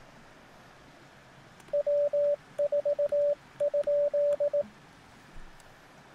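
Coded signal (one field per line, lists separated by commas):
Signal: Morse code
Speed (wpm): 22 wpm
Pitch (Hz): 580 Hz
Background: radio noise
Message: W4?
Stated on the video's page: CW on a crowded, shifty 40 metre band during an outdoor Parks on the Air activation, mostly hunting other parks.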